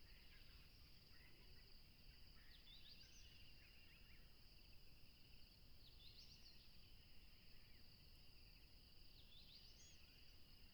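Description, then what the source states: Cricket drone, unbroken on two high tones, with short chirping bursts about every three seconds and a low rumbling background. Tropical river setting, with a plane passing.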